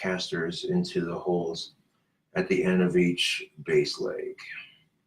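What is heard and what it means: Someone talks while handling a chair caster wheel that is about to be pressed into the hole at the end of a star-base leg, with a brief pause in the speech around 1.8 to 2.3 seconds. Nothing has seated or clicked yet; the caster has not gone home by the end.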